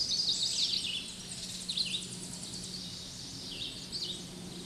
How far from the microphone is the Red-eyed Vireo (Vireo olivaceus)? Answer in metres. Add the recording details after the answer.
about 15 m. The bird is about 15 m above the microphone. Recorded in a Pennsylvania forest on 16 May 2024 at 08:05. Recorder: AudioMoth, point MSD-2417. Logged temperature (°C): 16.4 °C. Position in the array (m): 100 m, 77 m